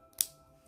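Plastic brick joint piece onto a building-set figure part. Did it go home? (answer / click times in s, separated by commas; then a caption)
yes / 0.2 s. A second small plastic joint piece is pressed onto a plastic building-brick figure part, with a faint tick at 0.1 s before one sharp, bright click at 0.2 s that fades quickly against a steady low hum. The piece snaps into place and is seated.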